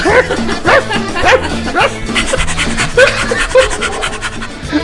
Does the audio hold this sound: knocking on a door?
no